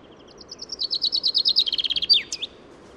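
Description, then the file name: Common chaffinch song: a bright run of high notes speeding into a descending rattling trill, ending with a sharp downward flourish, all within about two and a half seconds. "Fringilla coelebs"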